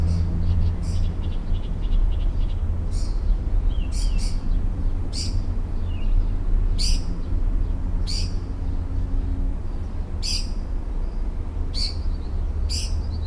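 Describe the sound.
Mockingbird song: harsh, scratchy bursts repeated at irregular intervals between soft twittering notes, with a constant low rumble behind.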